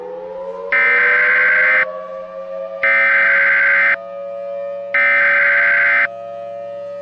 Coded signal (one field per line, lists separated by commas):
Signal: Emergency Alert System (SAME) tones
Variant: header bursts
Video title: *VALID TONES* 2020 Super Tuesday Tornadoes (2/2) - Cookeville, TN - 3/3/20 (EAS Remake)